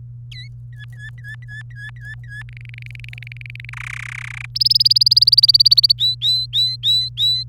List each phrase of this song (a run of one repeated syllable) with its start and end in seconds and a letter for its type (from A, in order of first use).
0.32-0.48 A, 0.73-2.43 B, 2.49-3.70 C, 3.73-4.46 D, 4.55-5.92 E, 5.98-7.43 F